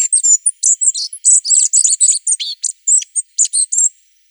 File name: Muholovka sibirskaja